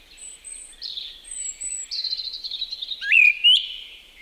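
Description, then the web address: Song thrush song: thin, high, drawn-out whistles, a twittering run, then two loud, sharp rising notes. "liigid plaat laulurastas"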